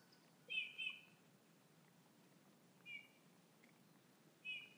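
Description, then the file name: Eurasian bullfinch calls: mellow, soft whistled notes, a double note first and then single notes at intervals of about two seconds, over a quiet background. "Pyrrhula pyrrhula"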